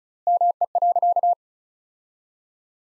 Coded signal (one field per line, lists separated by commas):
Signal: Morse code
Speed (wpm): 36 wpm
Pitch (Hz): 700 Hz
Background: none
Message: ME.